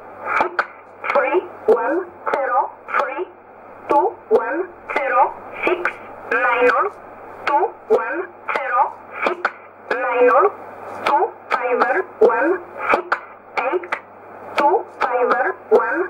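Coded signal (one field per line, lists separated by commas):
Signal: numbers station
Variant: E11 (Oblique)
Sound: a voice reading short, evenly spaced words over shortwave radio, with clicks between words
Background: radio static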